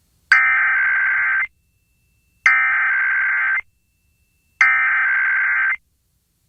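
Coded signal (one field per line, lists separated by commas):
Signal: Emergency Alert System (SAME) tones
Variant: header bursts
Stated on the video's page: Compilation of EAS monthly and weekly tests and NOAA Weather Radio required weekly tests.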